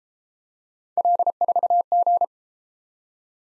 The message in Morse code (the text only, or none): L4G